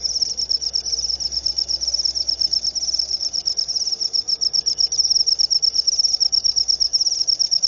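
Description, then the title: Cricket chirping, a steady high trill of rapid pulses running without pause, with a faint low hum underneath. Loud cricket chirping (ngerik) played to make lovebirds sing continuously (ngekek). "Suara JANGKRIK NGERIK Keras Bikin LOVEBIRD Jadi NGEKEK Terus Vubey"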